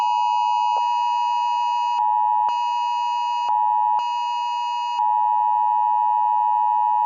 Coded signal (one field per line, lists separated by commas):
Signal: Emergency Alert System (SAME) tones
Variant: 853 and 960 Hz attention tone